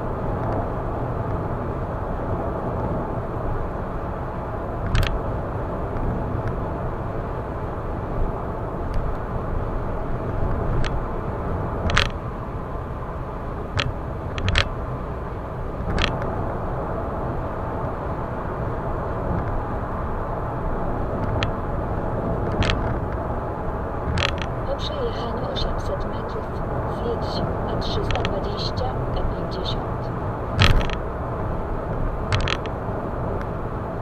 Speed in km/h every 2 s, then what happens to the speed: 112, 112, 112, 112, 112, 112, 112, 112, 113, 112, 112, 112, 112, 113, 112, 112, 112.
0-34 steady at about 112.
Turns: none.